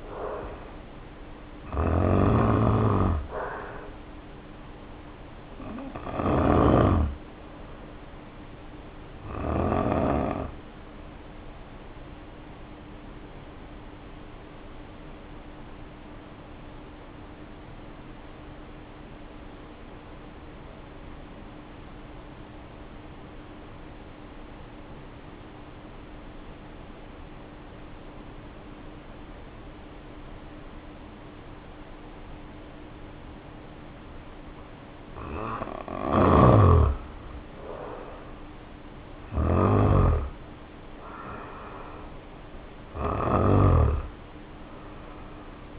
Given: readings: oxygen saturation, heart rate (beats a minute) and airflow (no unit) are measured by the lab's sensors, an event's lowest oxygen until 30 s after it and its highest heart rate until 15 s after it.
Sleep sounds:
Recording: breathing in sleep by a voice recorder at the bedside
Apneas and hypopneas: 1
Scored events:
11.00-35.90 s: hypopnea (N2, oxygen 94% highest, then 77% lowest, heart rate 55 at the start, 66 highest)
41.00-45.79 s: new sleep stage, N1 (lightest sleep)
From the record:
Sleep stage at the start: N2 (light sleep)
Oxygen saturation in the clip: 77 to 94%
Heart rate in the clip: 49 to 66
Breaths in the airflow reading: 11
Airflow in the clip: -3.0 to 2.5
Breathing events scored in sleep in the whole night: 520 in 7.2 hours asleep

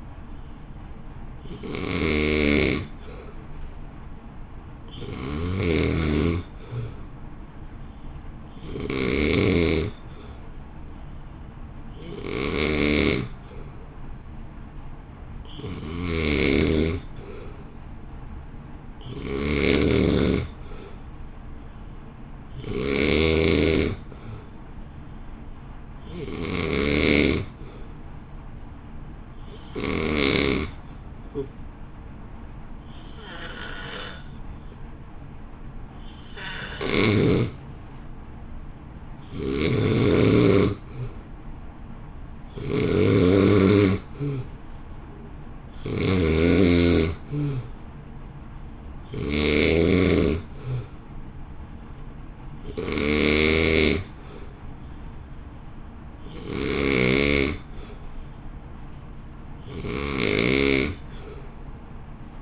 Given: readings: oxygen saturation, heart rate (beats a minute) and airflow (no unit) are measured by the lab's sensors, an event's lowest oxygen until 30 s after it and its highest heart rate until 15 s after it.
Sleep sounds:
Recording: breathing in sleep by a smartphone at the bedside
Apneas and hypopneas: 1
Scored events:
10.00-34.20 s: hypopnea (N2, oxygen 91% highest, then 87% lowest, heart rate 55 at the start, 57 highest)
From the record:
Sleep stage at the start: N2 (light sleep)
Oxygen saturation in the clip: 87 to 91%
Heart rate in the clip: 54 to 57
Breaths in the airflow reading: 19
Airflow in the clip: -1.4 to 1.0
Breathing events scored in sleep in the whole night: 328 in 6.3 hours asleep

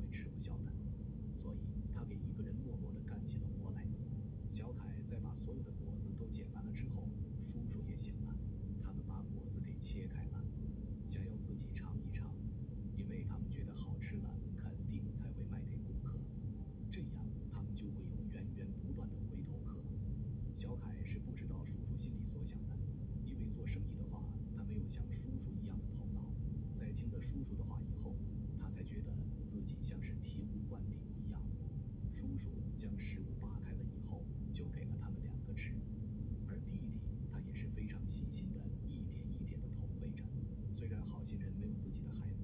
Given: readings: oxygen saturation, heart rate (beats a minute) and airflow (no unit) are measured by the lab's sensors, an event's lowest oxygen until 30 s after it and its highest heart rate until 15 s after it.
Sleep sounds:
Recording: a person awake in a sleep study, by a smartphone at the bedside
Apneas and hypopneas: none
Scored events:
0.00-42.44 s: awake
From the record:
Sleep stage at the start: awake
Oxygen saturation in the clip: 94 to 96%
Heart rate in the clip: 67 to 78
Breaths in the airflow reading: 9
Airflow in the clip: -4.6 to 5.5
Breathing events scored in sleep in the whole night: 131 in 7.2 hours asleep

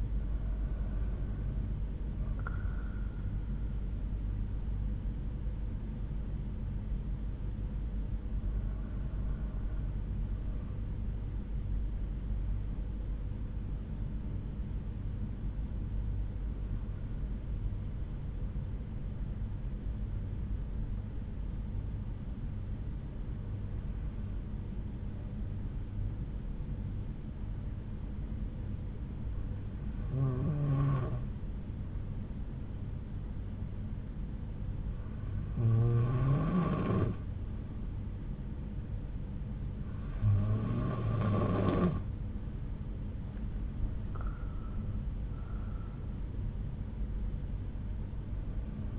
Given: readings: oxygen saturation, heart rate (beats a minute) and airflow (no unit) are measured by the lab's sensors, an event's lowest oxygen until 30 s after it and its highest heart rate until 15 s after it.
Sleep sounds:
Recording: breathing in sleep by a smartphone at the bedside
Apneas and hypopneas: 1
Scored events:
3.00-33.00 s: new sleep stage, N2 (light sleep)
5.00-40.00 s: hypopnea (N2, oxygen 96% highest, then 92% lowest)
33.00-48.99 s: new sleep stage, N1 (lightest sleep)
From the record:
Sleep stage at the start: N1 (lightest sleep)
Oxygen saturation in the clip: 91 to 96%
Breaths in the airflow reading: 8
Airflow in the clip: -7.4 to 8.2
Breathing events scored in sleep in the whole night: 368 in 8.0 hours asleep

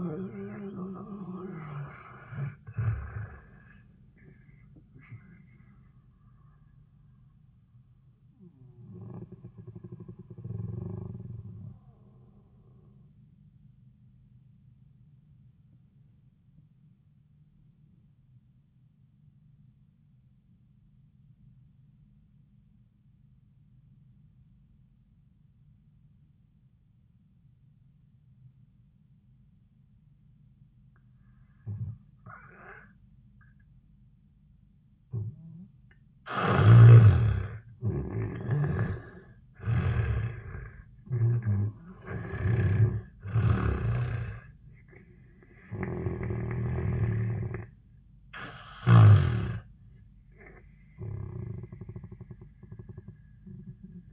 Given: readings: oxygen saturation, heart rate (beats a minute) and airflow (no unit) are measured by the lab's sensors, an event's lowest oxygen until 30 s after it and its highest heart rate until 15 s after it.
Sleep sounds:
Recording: breathing in sleep by a smartphone at the bedside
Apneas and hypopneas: 1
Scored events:
13.00-37.00 s: obstructive apnea (N1, oxygen 97% highest, then 78% lowest, heart rate 63 at the start, 85 highest)
From the record:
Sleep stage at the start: N1 (lightest sleep)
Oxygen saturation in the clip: 71 to 97%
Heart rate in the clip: 63 to 95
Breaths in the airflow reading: 8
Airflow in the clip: -16.0 to 9.9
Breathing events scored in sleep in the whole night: 400 in 8.7 hours asleep

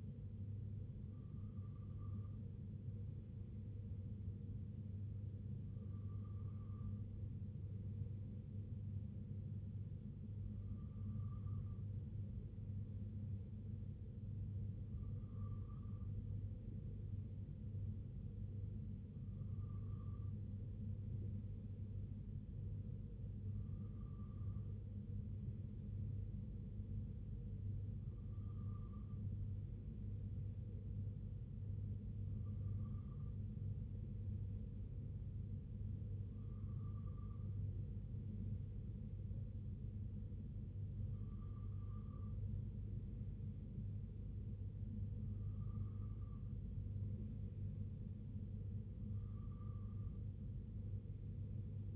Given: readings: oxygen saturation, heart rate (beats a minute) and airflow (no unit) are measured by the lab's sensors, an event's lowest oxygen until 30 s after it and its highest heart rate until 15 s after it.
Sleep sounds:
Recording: breathing in sleep by a smartphone at the bedside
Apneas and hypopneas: none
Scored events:
none scored
From the record:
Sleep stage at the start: N2 (light sleep)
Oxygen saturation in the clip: 94 to 95%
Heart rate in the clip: 59 to 67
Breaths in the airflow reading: 12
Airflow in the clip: -3.0 to 2.2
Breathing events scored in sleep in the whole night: 258 in 7.4 hours asleep

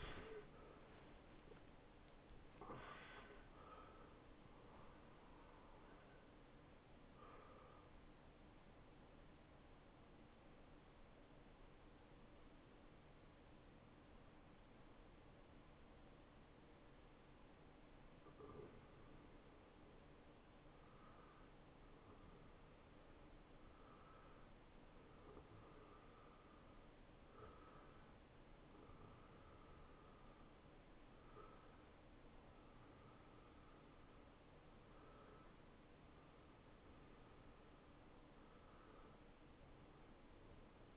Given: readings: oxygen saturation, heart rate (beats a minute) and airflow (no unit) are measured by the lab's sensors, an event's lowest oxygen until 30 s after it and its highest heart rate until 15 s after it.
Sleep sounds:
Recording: breathing in sleep by a voice recorder at the bedside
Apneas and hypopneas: none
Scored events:
28.00-40.97 s: new sleep stage, awake
30.00-40.97 s: awake
From the record:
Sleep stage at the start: N1 (lightest sleep)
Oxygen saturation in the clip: 66 to 91%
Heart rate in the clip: 64 to 99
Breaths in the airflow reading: 9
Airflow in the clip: -23.0 to 12.6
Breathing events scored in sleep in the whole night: 263 in 5.5 hours asleep

